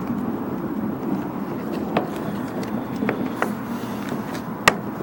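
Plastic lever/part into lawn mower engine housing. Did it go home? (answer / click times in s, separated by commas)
yes / 4.7 s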